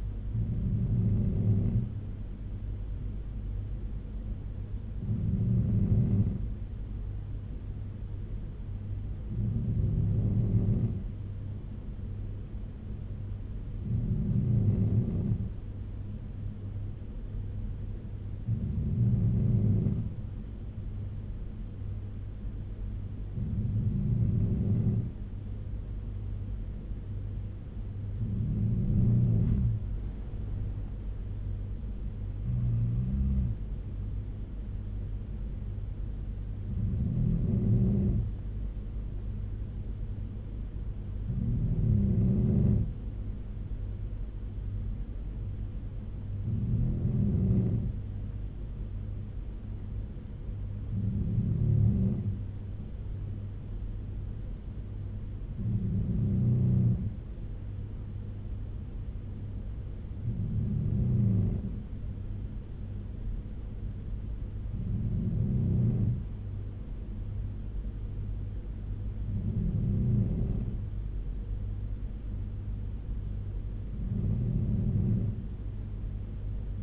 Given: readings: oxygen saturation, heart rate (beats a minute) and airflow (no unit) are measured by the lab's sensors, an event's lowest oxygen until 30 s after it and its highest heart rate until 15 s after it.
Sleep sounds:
breathing in sleep by a smartphone at the bedside; none
14.00-44.00 s: new sleep stage, N3 (deep sleep)
44.00-74.00 s: new sleep stage, N2 (light sleep)
74.00-76.83 s: new sleep stage, N3 (deep sleep)
From the record:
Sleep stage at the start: N2 (light sleep); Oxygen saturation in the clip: 94 to 95%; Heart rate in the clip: 69 to 85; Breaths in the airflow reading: 17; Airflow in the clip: -6.8 to 5.5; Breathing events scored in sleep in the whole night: 201 in 6.5 hours asleep

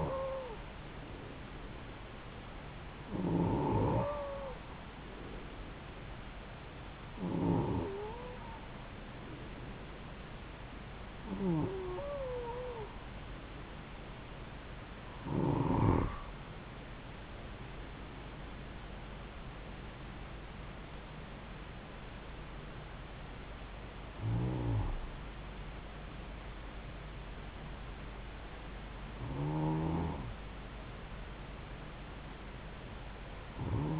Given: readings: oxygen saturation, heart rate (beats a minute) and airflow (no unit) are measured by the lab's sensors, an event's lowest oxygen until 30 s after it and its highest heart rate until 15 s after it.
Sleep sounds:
breathing in sleep by a voice recorder at the bedside; none
none scored
From the record:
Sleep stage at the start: N2 (light sleep); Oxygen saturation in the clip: 91 to 92%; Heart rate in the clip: 70 to 74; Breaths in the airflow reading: 9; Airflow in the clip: -3.2 to 5.1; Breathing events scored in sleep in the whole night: 270 in 6.1 hours asleep

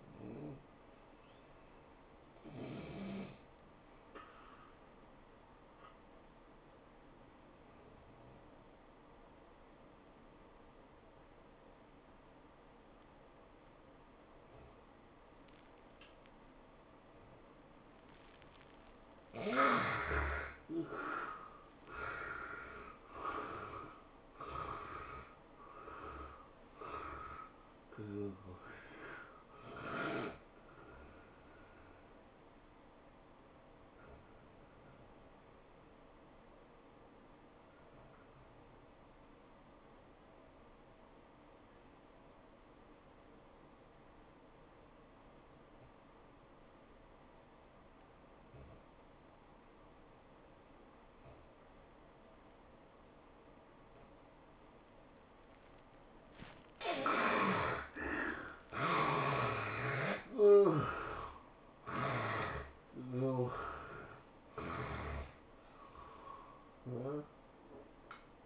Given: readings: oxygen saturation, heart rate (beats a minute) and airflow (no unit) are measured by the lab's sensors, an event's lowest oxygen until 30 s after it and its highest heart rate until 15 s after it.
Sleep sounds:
breathing in sleep by a voice recorder at the bedside; 2
4.00-20.30 s: hypopnea (N1, oxygen 94% highest, then 77% lowest, heart rate 111 at the start, 111 highest)
40.00-58.10 s: obstructive apnea (N1, oxygen 97% highest, then 72% lowest, heart rate 98 at the start, 108 highest)
From the record:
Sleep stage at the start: N1 (lightest sleep); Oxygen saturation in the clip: 75 to 97%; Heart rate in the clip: 85 to 120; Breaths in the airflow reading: 12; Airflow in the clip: -16.4 to 10.5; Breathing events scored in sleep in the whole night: 403 in 5.5 hours asleep

